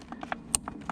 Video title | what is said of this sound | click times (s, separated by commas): Fuel Water Filter Change, Mercury V6, V8, 175-300hp | There, see, I heard a click on that one. | 0.6 s